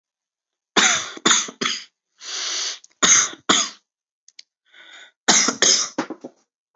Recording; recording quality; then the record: heavy voluntary cough; excellent, no background noise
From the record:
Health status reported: exposed to COVID-19, no respiratory illness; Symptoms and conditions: none ticked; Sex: male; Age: 19 years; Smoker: not ticked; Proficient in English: yes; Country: India